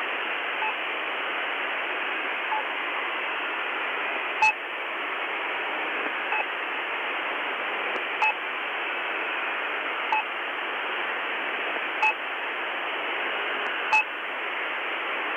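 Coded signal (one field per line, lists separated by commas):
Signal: channel marker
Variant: The Pip imitation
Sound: constant radio hiss with a short pip about every two seconds, seven in all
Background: radio static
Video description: Likely to be a Russian radio pirate rather than a military channel marker, this is a particularly strong signal currently broadcasting constantly. The normal marker is very similar to the pip channel marker usually found on either 5448 kHz (day) or 3756 kHz (night).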